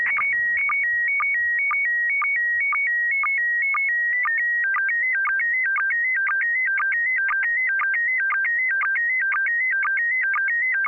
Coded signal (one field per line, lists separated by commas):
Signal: SSTV (slow-scan television)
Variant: PD 120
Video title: N6NA SSTV Net - 12/02/2020